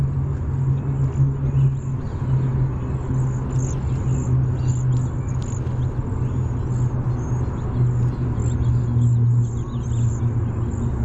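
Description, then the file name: Cedar waxwing calling in a string of faint, very high, thin seee notes, over a loud, steady low hum. Bzee-seee call type. "CEDW bzee seee"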